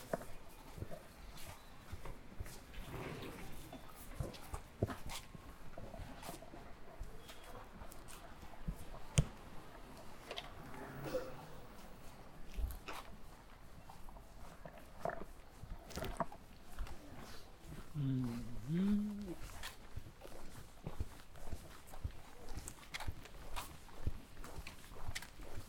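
A walk down a hutong lane to eat noodles: a steady bed of street noise runs throughout, broken by frequent sharp clicks and taps like footsteps. Scattered voices drift by, with a brief louder vocal burst around 18 seconds and a sharp knock near 9 seconds.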